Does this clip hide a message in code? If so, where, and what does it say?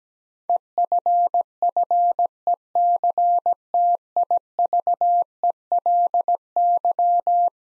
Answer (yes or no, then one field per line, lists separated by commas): yes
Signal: Morse code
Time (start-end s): 0.5-7.5 s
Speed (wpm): 17 wpm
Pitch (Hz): 700 Hz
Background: none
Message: EFFECTIVELY